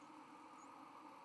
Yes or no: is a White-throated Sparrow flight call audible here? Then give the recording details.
no. Another species' flight call is heard. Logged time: 03:34 on 31 October 2014